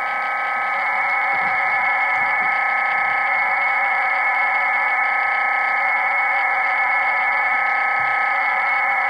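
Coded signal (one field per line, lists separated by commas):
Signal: digital SSTV (DRM)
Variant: HamDRM, QAM64 OFDM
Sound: continuous even rushing hiss with a faint pitched buzz, no breaks for nine seconds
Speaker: jsou ofdm šifrování v modulaci kvam 64 každá nosná ofdm vy kódovaná v klamu 64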